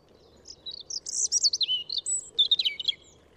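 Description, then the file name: European robin delivering one continuous phrase of high, varied notes, sliding whistles and quick trills tumbling up and down, against a quiet low rumble. "Erithacus rubecula"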